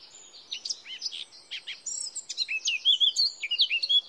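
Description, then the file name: Eurasian blackcap song, soft scratchy notes building into louder, fluty warbled whistles toward the end, over light background hiss. "Sylvia atricapilla"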